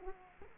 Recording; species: mosquito wingbeat signal from an infrared sensor; Culex quinquefasciatus